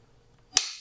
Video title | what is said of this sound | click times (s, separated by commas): The Hidden T Gimbal System: Custom Rod Building | just snap it out to fight, and then you snap to store it, right? | 0.6 s